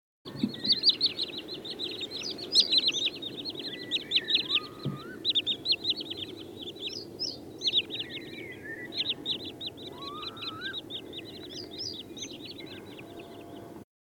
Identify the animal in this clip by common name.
Wood Sandpiper